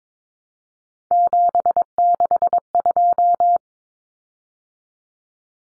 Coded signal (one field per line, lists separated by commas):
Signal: Morse code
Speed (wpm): 22 wpm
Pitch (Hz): 700 Hz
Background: none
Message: 762